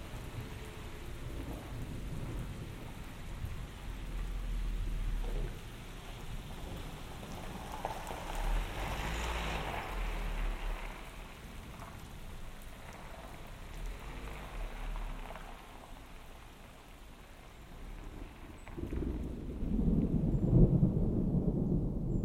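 Rain falls steadily during a thunderstorm by a lake, a dense, even hiss with a deep rumble underneath. A brighter swell of rain rises around the middle, and near the end a low, rolling thunder builds and grows louder.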